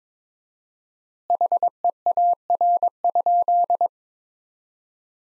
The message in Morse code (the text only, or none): HEAR?